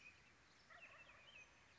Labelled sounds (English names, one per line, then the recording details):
Wild Turkey
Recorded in Sonoma County, California